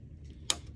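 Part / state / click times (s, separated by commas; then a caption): lamp holder into fluorescent light fixture channel / seated / 0.5 s. A lamp holder is pushed into the channel of a metal fluorescent light fixture and snaps into place with one loud, sharp click at 0.5 seconds, after a faint low hum. The holder is seated.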